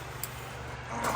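A running board mounting clip for an RPM RIV running board on an R1T or R1S is pressed hard up into place under the vehicle. It gives one short, sharp click at 0.2 s that rises clearly above a steady low background hum. The clip seats, since it must click in or the part can fall down.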